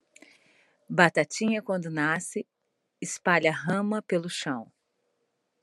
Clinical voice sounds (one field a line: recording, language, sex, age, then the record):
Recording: short text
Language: Brazilian Portuguese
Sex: female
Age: 50 to 59 years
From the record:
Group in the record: control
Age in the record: 54 years